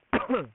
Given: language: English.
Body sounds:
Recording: throat vibration sensor signal played as sound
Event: cough

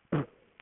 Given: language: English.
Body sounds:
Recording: throat vibration sensor signal played as sound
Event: cough

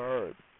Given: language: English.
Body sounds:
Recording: throat vibration sensor signal played as sound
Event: speech

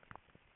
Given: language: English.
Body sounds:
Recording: throat vibration sensor signal played as sound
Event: swallow

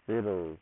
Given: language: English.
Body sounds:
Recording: throat vibration sensor signal played as sound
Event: speech

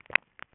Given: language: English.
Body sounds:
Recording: throat vibration sensor signal played as sound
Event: swallow

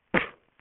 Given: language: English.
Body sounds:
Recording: throat vibration sensor signal played as sound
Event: cough

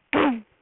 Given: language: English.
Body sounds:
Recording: throat vibration sensor signal played as sound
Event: throat clearing

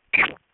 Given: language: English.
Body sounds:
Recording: throat vibration sensor signal played as sound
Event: swallow

